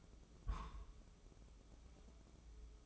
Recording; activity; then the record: daily activity, microphone in the room; place on stove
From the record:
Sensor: 1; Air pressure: 995.4 hPa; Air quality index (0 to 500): 29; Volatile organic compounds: 1 ppm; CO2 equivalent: 546 ppm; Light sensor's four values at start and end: 29/102/39/40 and 29/102/39/40